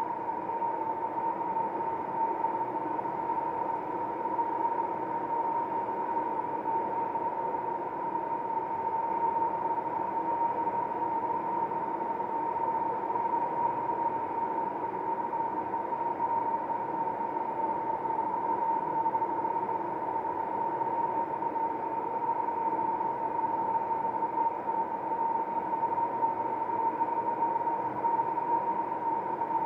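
Wind whistles without a break, holding one steady, fairly high note above a dense, rushing hiss. The sound stays level and unchanging for the whole half minute, with no gusts or pauses, and a faint low rumble sits underneath.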